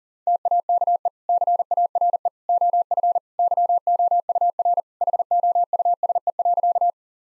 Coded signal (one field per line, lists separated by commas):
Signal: Morse code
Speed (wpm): 40 wpm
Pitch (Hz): 700 Hz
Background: none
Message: TAKE CARE OF YOUR HOUSE.